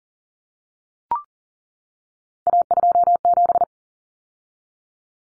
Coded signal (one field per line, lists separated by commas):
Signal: Morse code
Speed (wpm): 40 wpm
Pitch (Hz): 700 Hz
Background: none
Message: A27